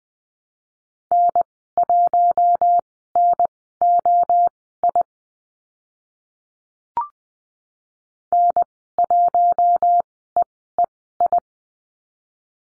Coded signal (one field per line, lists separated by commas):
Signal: Morse code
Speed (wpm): 20 wpm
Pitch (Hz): 700 Hz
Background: none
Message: N1NOI N1EEI